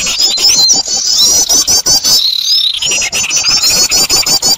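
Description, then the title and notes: Many birds chatter at once, a steady wall of high, rapid chirps and trilled notes. Noisy bird chorus used as a lure to attract birds. "Master Burung Ribut. Burung Ribut Pikat"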